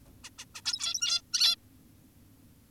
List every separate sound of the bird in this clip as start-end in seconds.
0.24-0.30, 0.39-0.45, 0.55-0.61, 0.65-1.22, 1.33-1.56